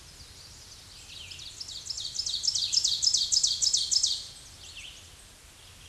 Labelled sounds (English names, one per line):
Ovenbird song